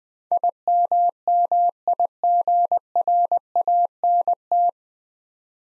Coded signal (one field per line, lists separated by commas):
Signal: Morse code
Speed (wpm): 20 wpm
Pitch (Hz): 700 Hz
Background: none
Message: IMMIGRANT